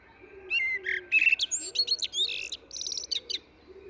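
Eurasian blackbird singing a varied, rich warble of mellow whistles broken by high squeaky notes.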